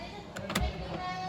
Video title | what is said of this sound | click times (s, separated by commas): SERVIS BERKALA POSISI 1 | sudah terdengar bunyi itu sudah mengunci. | 0.6 s